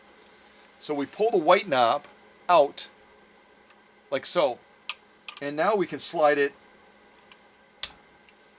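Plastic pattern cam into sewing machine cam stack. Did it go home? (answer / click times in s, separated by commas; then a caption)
yes / 7.8 s. Someone talks while a plastic stitch pattern cam is slid onto its post in a sewing machine's cam stack, with the white knob pulled out. At 7.8 s the cam snaps into place with one loud, sharp click, seating it fully.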